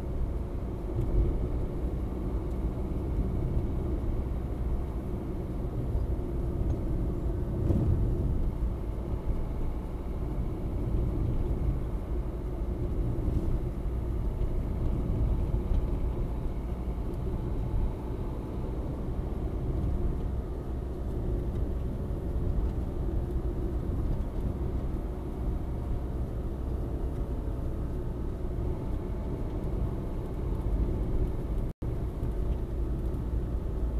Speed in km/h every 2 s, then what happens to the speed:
49, 50, 50, 48, 47, 46, 45, 44, 46, 46, 49, 49, 50, 48, 47, 46, 46.
0-15 steady at about 47. 15-24 speeds up to 50.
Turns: none.